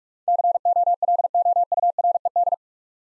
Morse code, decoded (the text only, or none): COLOURED